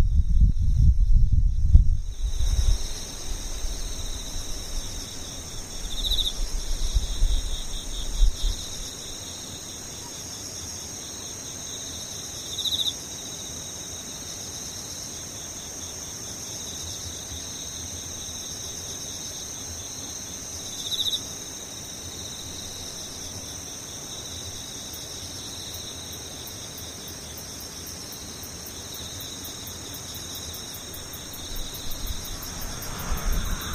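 Insects chirr steadily through the whole stretch, a dense, bright, unbroken trill high in pitch with a few louder chirps near 6, 13 and 21 seconds. Low rumbling and handling thumps fill the first eight seconds, then settle, with another brief bump at the end.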